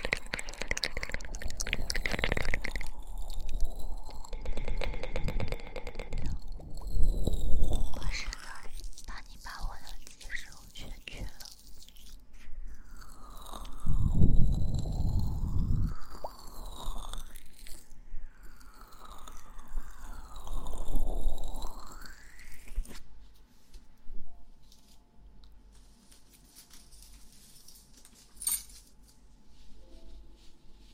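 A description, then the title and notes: Wet kissing and mouth sounds right at the ear, with soft smacks, clicks and crackly rustling that come in uneven bursts. A deep rumbling swell builds around 14 to 16 seconds, and the last stretch turns quieter, with only sparse faint ticks. ASMR kisses in the ear, comfortably picks out the ears.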